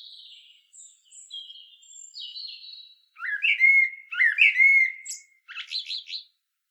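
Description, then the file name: Common blackbird song: thin high drawn-out notes first, then louder rich warbling phrases with rapid twittering at the end. "Turdus merula"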